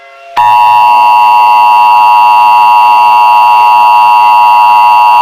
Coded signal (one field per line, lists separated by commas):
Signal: Emergency Alert System (SAME) tones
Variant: 853 and 960 Hz attention tone